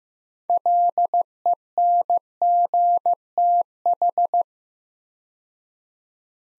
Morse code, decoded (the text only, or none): LENGTH